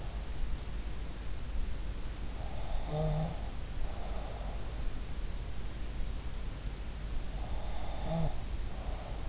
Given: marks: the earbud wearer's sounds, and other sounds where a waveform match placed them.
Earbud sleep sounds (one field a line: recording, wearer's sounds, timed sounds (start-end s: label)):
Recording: sounds in sleep by an in-ear microphone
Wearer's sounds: snoring breath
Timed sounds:
2.35-4.71 s: snoring breath
7.17-9.28 s: snoring breath